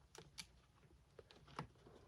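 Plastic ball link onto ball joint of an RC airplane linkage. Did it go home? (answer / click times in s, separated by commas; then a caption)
no / none. A plastic ball link is pressed firmly onto the ball joint of an RC airplane linkage on an E-flite Draco. Only a few short, light ticks and handling noises are heard over low background noise. Nothing has seated or clicked yet, as this second ball link fails to click on.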